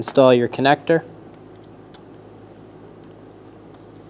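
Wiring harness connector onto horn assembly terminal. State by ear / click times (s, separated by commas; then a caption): not seated / none. Someone talks briefly, then a plastic wiring harness connector is brought to the horn assembly terminal of a 2007-2017 Ford Expedition and lined up before being pushed home, with only small, faint handling sounds. Nothing has seated or clicked yet.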